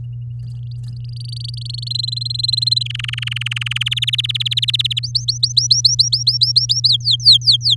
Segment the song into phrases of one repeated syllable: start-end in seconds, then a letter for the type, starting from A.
1.04-1.89 A, 1.90-2.83 B, 2.85-3.89 C, 3.91-4.99 D, 5.03-6.88 E, 6.89-7.75 F